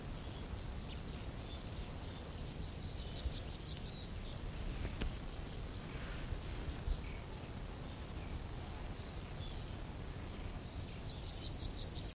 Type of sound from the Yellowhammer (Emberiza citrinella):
song